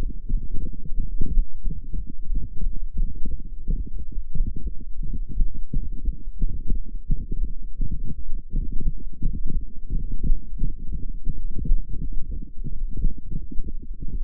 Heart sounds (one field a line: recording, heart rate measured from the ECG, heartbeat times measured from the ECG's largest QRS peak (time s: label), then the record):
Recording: heart sounds by microphone in the right ear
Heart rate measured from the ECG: 96 bpm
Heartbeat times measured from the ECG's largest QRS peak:
0.47 s: heartbeat
1.07 s: heartbeat
1.68 s: heartbeat
2.30 s: heartbeat
2.91 s: heartbeat
3.52 s: heartbeat
4.15 s: heartbeat
4.78 s: heartbeat
5.40 s: heartbeat
6.02 s: heartbeat
6.65 s: heartbeat
7.27 s: heartbeat
7.90 s: heartbeat
8.53 s: heartbeat
9.16 s: heartbeat
9.79 s: heartbeat
10.42 s: heartbeat
11.05 s: heartbeat
11.69 s: heartbeat
12.31 s: heartbeat
12.96 s: heartbeat
13.59 s: heartbeat
14.21 s: heartbeat
From the record:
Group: healthy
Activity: light exercise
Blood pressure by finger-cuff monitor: 111/76 mmHg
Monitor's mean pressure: 86 mmHg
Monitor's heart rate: 96 bpm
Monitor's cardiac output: 6.9 L/min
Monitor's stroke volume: 72 mL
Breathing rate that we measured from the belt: 26 breaths a minute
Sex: female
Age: 32 years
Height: 172 cm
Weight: 71.7 kg